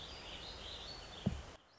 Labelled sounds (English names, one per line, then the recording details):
Warbling Vireo
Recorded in Sonoma County, California